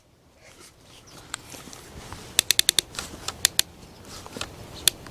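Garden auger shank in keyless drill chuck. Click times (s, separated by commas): 2.4 s, 2.5 s, 2.6 s, 2.7 s, 3.4 s, 4.9 s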